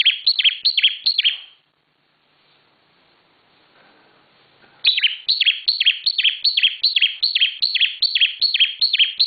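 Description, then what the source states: Bar-winged prinia song: brief burst of sharp, falling high notes, a near-silent gap of a few seconds, then a long steady run of the same notes. Intended for training cage birds.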